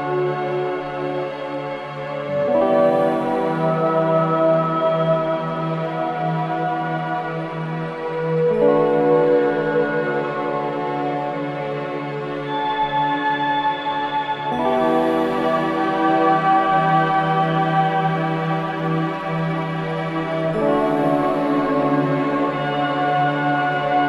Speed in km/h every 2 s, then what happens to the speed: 48, 47, 45, 41, 38, 34, 35, 37, 40, 43, 48, 49.
0-11 slows to 34. 11-24 speeds up to 49.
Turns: none.